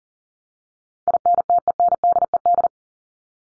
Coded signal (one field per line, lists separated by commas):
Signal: Morse code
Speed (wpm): 40 wpm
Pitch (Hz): 700 Hz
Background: none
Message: INTENDED